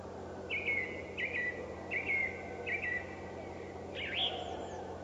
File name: Drozd pevchij - Drozd pevchij